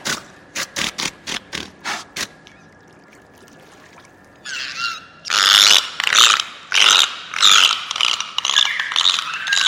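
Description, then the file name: Beluga whale giving a quick series of sharp clicks, then a faint steady whistle, then loud buzzy squealing bursts. "zvuki belukhi"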